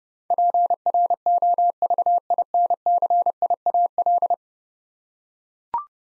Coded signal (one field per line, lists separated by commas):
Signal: Morse code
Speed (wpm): 30 wpm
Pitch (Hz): 700 Hz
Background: none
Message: PROVINCIAL